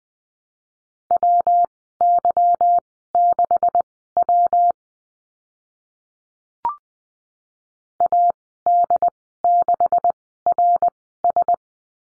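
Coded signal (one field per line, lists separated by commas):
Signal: Morse code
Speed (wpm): 20 wpm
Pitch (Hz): 700 Hz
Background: none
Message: WY6W AD6RS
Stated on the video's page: Morse code course lesson on the letter P with call signs, Farnsworth speed 20/10 wpm.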